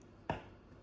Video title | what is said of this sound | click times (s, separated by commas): Bien utiliser le Tournevis mulfi-fonctions Locator | Hop, vous avez entendu le petit clic, et là ça tient parfaitement bien. | 0.3 s